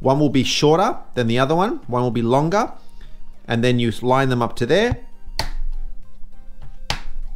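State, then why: Seated. Someone talks while a desktop RAM stick is lined up by its notch over a motherboard memory slot. It is pressed down, and two sharp clicks at 5.4 s and 6.9 s mark the retaining clips snapping closed. The module is seated in the slot.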